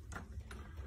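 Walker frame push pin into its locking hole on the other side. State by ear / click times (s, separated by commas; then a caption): not seated / none. A rollator walker frame push pin is pushed down and slid toward its locking hole on the other side of the frame, with a few short handling knocks and a sharper tap at about 0.5 s over a steady low hum. Nothing has seated or clicked into place yet.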